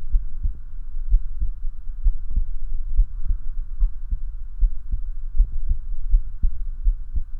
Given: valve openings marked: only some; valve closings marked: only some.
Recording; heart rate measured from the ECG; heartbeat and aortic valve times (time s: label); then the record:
heart sounds by stethoscope; 71 bpm
0.16 s: heartbeat (ECG mark)
0.20 s: aortic valve opens (echo mark)
0.46 s: aortic valve closes (echo mark)
1.14 s: heartbeat (ECG mark)
1.18 s: aortic valve opens (echo mark)
1.45 s: aortic valve closes (echo mark)
2.08 s: heartbeat (ECG mark)
2.12 s: aortic valve opens (echo mark)
2.39 s: aortic valve closes (echo mark)
3.00 s: heartbeat (ECG mark)
3.04 s: aortic valve opens (echo mark)
3.31 s: aortic valve closes (echo mark)
3.83 s: heartbeat (ECG mark)
3.88 s: aortic valve opens (echo mark)
4.14 s: aortic valve closes (echo mark)
4.64 s: heartbeat (ECG mark)
4.69 s: aortic valve opens (echo mark)
4.95 s: aortic valve closes (echo mark)
5.41 s: heartbeat (ECG mark)
5.45 s: aortic valve opens (echo mark)
5.72 s: aortic valve closes (echo mark)
6.15 s: heartbeat (ECG mark)
6.19 s: aortic valve opens (echo mark)
6.45 s: aortic valve closes (echo mark)
6.88 s: heartbeat (ECG mark)
From the record:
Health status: healthy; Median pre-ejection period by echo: 41 ms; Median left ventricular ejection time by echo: 265 ms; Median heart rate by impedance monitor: 74 bpm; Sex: male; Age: 19 years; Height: 170 cm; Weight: 63 kg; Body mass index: 21.80